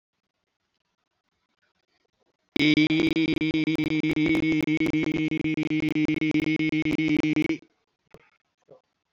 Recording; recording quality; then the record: sustained vowel as in beet; moderate, slight background noise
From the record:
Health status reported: COVID-19 positive, mild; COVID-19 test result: positive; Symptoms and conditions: hypertension, diabetes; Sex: male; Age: 54 years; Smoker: not ticked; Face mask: not worn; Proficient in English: yes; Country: India